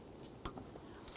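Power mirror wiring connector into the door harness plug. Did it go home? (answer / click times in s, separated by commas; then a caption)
yes / 0.5 s. On a 2001-2005 Ford Explorer Sport Trac, a hand reaches into the passenger door and snaps the power mirror's plastic electrical connector into the door harness plug. A sharp, bright click at 0.5 s marks the connector seating, followed by a fainter tick at 1.1 s over quiet background noise. The connector is locked in and holds secure when tugged.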